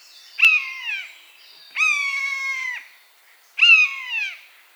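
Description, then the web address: Buzzard calling three times: a short drooping mew, a long steady one, then another short downslurred mew. "animal-sound buzzard-sound"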